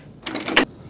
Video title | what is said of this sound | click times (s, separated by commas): Micralite Fastfold How-To | you hear the click it's locked | 0.3 s, 0.6 s